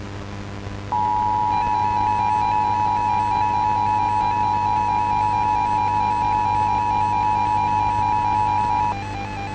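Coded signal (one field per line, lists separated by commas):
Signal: Emergency Alert System (SAME) tones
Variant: 853 and 960 Hz attention tone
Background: music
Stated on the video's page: Recreation of a severe thunderstorm warning issued within a winter storm warning, with added sirens.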